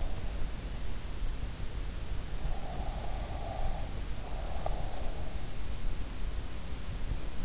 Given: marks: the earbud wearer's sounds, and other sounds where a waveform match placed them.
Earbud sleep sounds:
sounds in sleep by an in-ear microphone; breath
2.46-5.32 s: breath

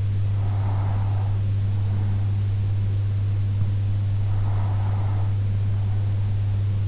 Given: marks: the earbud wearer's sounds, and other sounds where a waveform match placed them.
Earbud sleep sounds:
sounds in sleep by an in-ear microphone; breath
0.00-1.99 s: breath
3.99-5.99 s: breath

